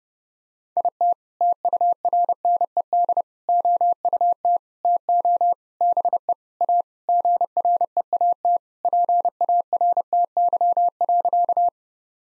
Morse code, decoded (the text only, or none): IT TURNED OUT TO BE A GREAT PARTY.